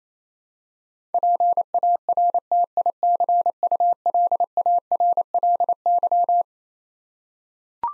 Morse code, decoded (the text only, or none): PARTICULARLY